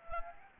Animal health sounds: mosquito wingbeat signal from an infrared sensor; Anopheles gambiae

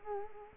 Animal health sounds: mosquito wingbeat signal from an infrared sensor; Culex quinquefasciatus

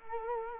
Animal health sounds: mosquito wingbeat signal from an infrared sensor; Culex quinquefasciatus

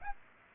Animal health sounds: mosquito wingbeat signal from an infrared sensor; Aedes aegypti

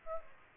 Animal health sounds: mosquito wingbeat signal from an infrared sensor; Aedes aegypti

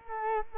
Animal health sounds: mosquito wingbeat signal from an infrared sensor; Culex quinquefasciatus

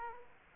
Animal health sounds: mosquito wingbeat signal from an infrared sensor; Culex quinquefasciatus

